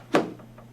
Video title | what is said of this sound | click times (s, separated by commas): Woodstock Sweetwater Chair Assembly | and it locks into place | 0.2 s